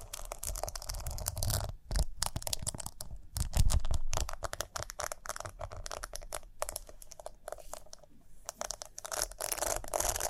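Rhinestone tapping, scratching and brushing make a dense, irregular run of crisp clicks and rough scrapes, with brief pauses near two and eight seconds.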